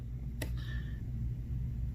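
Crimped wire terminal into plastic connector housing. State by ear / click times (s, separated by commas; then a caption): seated / 0.4 s. A crimped wire terminal, the second one, is pushed into a plastic connector housing and clicks into place at 0.4 seconds. The click is a short, sharp broadband snap followed by a faint ringing tone. The terminal seats with a solid connection against steady low background hum.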